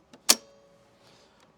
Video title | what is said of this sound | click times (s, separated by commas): Air Thread Serger Looper Tube Cleaning TIPS! For ALL Air Thread Sergers & Overlocks. | You're Going to Hear The Click it's going to engage | 0.3 s